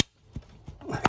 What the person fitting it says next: so now the other one's snapped back in.